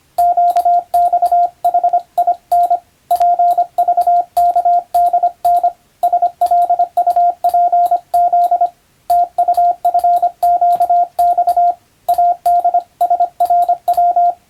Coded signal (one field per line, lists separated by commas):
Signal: Morse code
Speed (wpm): 25 wpm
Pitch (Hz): 700 Hz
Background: radio noise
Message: QXHIN PVKDN SLUPZ TUFQX ADSRW